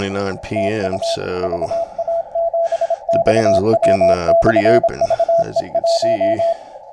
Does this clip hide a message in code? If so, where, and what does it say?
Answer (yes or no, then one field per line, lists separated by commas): yes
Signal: Morse code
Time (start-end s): 0.6-6.5 s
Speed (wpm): 26 wpm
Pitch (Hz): 670 Hz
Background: speech, radio noise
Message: TU VA7XW/VE1